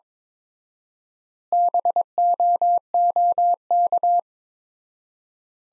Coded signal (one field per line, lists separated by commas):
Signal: Morse code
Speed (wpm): 22 wpm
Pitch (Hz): 700 Hz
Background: none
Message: BOOK